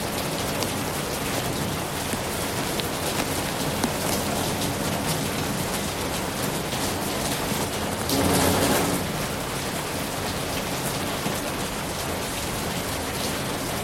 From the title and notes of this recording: 雨伴｜rain beside you.